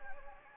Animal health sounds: mosquito wingbeat signal from an infrared sensor; Anopheles gambiae

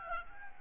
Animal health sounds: mosquito wingbeat signal from an infrared sensor; Aedes albopictus

